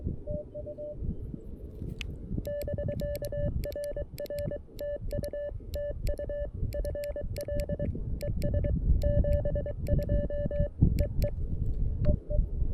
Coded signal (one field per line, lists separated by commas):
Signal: Morse code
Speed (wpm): 22 wpm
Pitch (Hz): 580 Hz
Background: none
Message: TU <BK> RR TU TU FL ES 72 EE EE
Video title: BUDGET CW! CFT-1, 3d Printed Key, and DIY Antenna! Oh My!